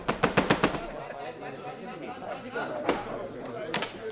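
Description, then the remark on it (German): A rapid burst of about six loud, angry knocks on the door of a restaurant closed due to overcrowding, hard and evenly spaced, followed by murmuring voices and two more isolated sharp knocks later on. “Wütend pochte ich an die Tür.”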